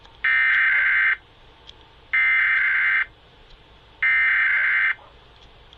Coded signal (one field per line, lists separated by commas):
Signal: Emergency Alert System (SAME) tones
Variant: header bursts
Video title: IMAGINE MISSOULA... EAS Tests from September 2024 (EAS #5,014 - 5,053)